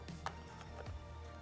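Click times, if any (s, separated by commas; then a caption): none. A plastic breast shield, seal facing up, is aligned with the circular part of an Elvie wearable breast pump hub and pressed in. Brief handling taps are heard at about 0.1 s and 0.3 s over a low steady hum. Nothing has seated or clicked yet.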